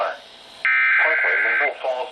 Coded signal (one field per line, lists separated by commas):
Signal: Emergency Alert System (SAME) tones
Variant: header bursts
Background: speech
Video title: THE WRATH OF BUNCHA FLUDDZ... EAS Alerts from 5/18/18 - 5/19/18 (EAS #1,028 - 1,069)